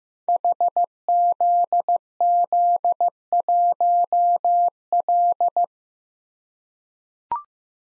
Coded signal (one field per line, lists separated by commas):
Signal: Morse code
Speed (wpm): 15 wpm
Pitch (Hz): 700 Hz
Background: none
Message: HZZ1L